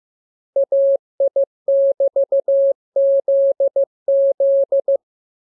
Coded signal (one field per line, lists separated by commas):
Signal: Morse code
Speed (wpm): 15 wpm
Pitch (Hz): 550 Hz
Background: none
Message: AI<BT>ZZ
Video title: Learning Morse Code. Lesson 20. Letter KMURESNAPTLWI.JZ=FOY,